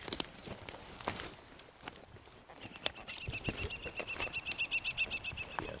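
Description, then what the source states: New Zealand falcon calling, a rapid chattering series of high notes growing louder over the last few seconds, after footsteps. Male calling and flying above his nest in a recently logged pine plantation, New Zealand; male's call higher-pitched than the larger female's; calling indicates the nest is still active.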